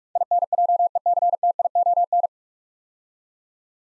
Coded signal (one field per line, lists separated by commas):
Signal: Morse code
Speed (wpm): 45 wpm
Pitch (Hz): 700 Hz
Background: none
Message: INJECTION